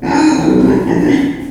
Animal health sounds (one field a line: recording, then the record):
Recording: squeal of a Yucatan mini pig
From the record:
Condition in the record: before surgery on the right vocal fold (resection and tissue-engineered implant)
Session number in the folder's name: 2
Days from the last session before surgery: -15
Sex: female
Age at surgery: 19 weeks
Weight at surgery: 25 kg